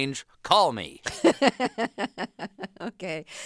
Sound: laughter

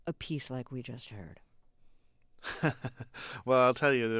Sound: laughter

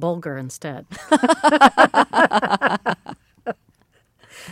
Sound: laughter

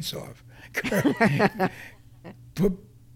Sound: laughter

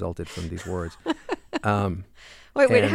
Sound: laughter

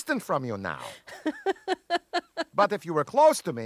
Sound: soundbite of laughter

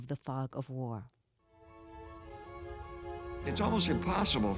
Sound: Soundbite of The Fog of War

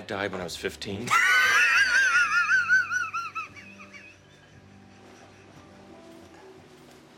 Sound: laughter

